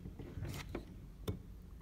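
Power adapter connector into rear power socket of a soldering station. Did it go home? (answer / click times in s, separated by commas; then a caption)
yes / 1.3 s. A DC power adapter connector is pressed into the power socket on the rear of a soldering power station. A softer tap comes at 0.8 s, then a sharp click at 1.3 s as it latches and seats, leaving it connected.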